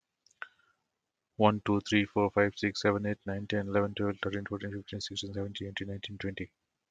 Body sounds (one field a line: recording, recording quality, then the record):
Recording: counting at a fast pace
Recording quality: excellent, no background noise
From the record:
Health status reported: healthy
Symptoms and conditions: hypertension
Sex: male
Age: 48 years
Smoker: not ticked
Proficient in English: yes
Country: India